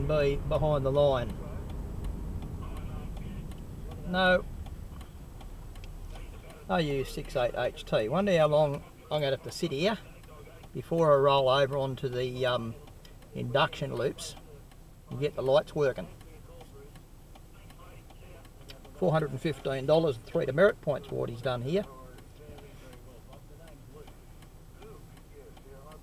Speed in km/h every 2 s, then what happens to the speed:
40, 18, 6, 1, 0, 0, 0, 0, 0, 0, 0, 0, 0.
0-6 brakes to 1. 6-26 standing.